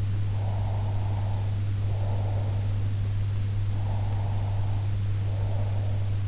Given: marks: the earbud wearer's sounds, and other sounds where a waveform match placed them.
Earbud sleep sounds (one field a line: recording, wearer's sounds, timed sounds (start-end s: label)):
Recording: sounds in sleep by an in-ear microphone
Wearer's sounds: breath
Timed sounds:
0.33-2.65 s: breath
3.82-6.19 s: breath